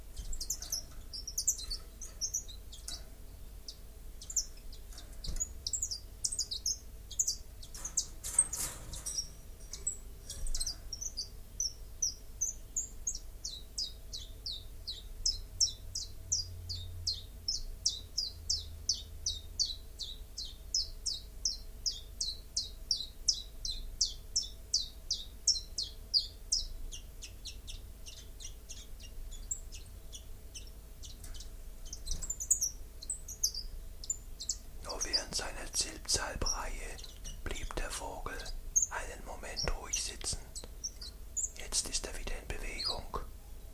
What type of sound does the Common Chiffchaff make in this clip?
song